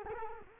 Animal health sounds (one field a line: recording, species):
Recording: mosquito wingbeat signal from an infrared sensor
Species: Culex quinquefasciatus